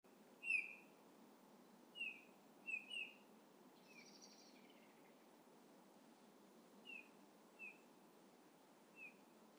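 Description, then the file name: Eurasian bullfinch giving soft, short, downslurred piping whistles, singly and in quick pairs, spaced irregularly over several seconds against a quiet background hiss. "Pyrrhula pyrrhula"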